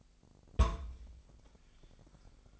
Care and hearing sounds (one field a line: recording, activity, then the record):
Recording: daily activity, microphone in the room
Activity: place on stove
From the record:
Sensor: 5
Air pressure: 999.4 hPa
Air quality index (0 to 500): 224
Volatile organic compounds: 22 ppm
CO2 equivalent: 2743 ppm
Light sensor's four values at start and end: 31/70/29/28 and 31/71/29/29